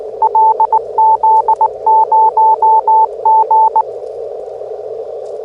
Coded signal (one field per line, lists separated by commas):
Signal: Morse code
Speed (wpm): 18 wpm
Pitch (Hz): 880 Hz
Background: none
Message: LZ0G